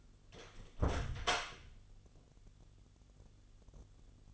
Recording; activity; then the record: daily activity, microphone in the room; close door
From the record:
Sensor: 4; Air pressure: 1016.1 hPa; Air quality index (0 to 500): 206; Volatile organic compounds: 12 ppm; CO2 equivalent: 2351 ppm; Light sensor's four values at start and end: 9/20/8/7 and 9/20/8/7